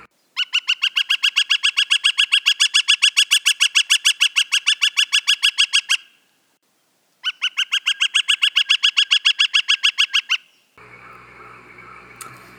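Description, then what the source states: Gilded Flicker call: a long, loud, rapid series of even notes lasting several seconds, then a second, shorter series after a pause. Males call loudly to establish territory and advertise for mates; desert bird of the Southwest.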